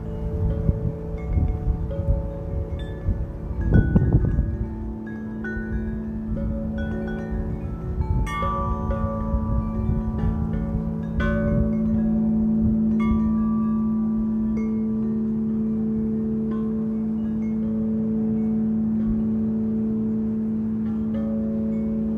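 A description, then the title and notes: A chime tree rings out in layered, sustained metallic tones that overlap and hang in the air. Bright strikes cluster near four, eight and eleven seconds, with rumbling low wind-like noise early on, then a steadier shimmering hum in the second half. Chime Tree. Oak tree.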